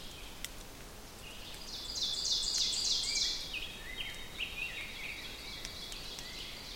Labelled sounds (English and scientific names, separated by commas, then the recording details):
Ovenbird (Seiurus aurocapilla) song
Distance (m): 35 m
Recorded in boreal forest in Alberta, Canada, on 6 June 2016 at 08:43
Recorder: SongMeter 3, array SBT-3-51
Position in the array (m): 216 m, 15 m
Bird 27